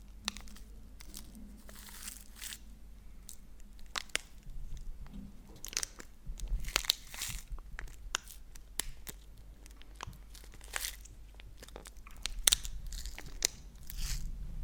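Chocolate wrappers rustle and crackle while someone eats, with crunchy bites and chewing throughout. Sharp, bright clicks and crinkles arrive irregularly every second or so, some in quick clusters, over a steady low hum, with louder bursts around seven and twelve seconds.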